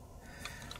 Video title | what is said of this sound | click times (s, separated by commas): Charles Daly Field Grade 1911 : Italian Made Quality | next we're going to take our plug and we're going to push it in and holding tension we're going to bring that barrel bushing back until it snaps into place | 0.5 s, 0.7 s